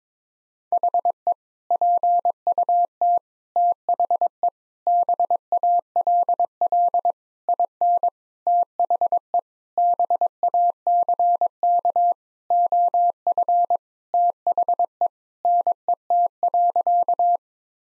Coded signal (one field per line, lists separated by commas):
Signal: Morse code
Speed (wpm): 22 wpm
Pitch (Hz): 700 Hz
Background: none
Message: HE PUT THE BALL IN THE BACK OF THE NET.